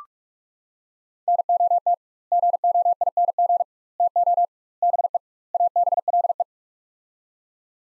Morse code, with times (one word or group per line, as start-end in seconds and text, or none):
1.3-1.9 NOT
2.3-3.6 GOING
4.0-4.5 TO
4.8-5.2 BE
5.5-6.4 ABLE